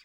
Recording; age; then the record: pig call; piglet (1 to 25 days)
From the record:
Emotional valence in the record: positive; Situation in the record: short reunion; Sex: female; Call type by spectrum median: high-frequency call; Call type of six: low-frequency tonal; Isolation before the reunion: 3 minutes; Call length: 0.05 s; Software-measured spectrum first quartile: 2303 Hz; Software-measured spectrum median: 3614 Hz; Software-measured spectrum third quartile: 4819 Hz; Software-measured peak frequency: 4652 Hz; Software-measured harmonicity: 2.7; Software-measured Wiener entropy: -1.58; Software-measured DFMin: 782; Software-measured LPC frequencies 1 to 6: 2406, 3541, 4652, 6682, 7174, 8050 Hz